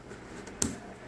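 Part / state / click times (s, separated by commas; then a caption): plastic cooler mounting piece into the bracket under the motherboard / seated / 0.6 s. A plastic mounting piece for an Antec Kühler 620 liquid CPU cooler is pressed onto the piece fitted underneath the motherboard of an AM3 system. A single sharp click sounds at 0.6 s over a quiet background. The piece fits into place and stays completely locked.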